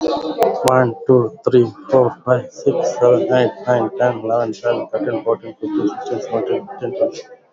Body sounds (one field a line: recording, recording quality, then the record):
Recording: counting at a fast pace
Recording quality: moderate, slight background noise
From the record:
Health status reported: COVID-19 positive, mild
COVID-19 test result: positive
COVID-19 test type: RT-PCR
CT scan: not taken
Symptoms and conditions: cough, cold, breathing difficulty, fever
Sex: male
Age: 34 years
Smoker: no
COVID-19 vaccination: both doses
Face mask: worn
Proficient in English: yes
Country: India